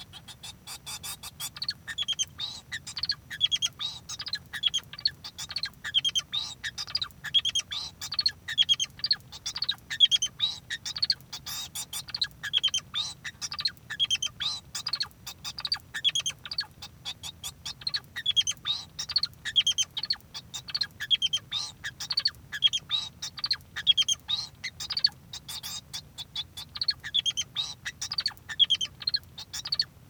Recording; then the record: song of a male Bengalese finch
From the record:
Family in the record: son of father 2